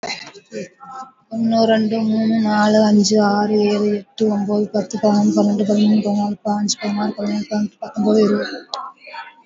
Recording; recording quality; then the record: counting at a fast pace; excellent, no background noise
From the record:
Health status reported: healthy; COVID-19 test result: not tested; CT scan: not taken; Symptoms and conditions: none ticked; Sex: female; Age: 45 years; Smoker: no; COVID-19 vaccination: one dose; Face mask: worn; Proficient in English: no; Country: India